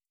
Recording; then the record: hydrophone in a shrimp aquaculture tank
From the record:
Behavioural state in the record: starved